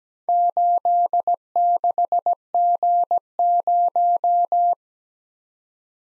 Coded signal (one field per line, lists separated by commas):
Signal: Morse code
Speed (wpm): 19 wpm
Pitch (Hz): 700 Hz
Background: none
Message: 86G0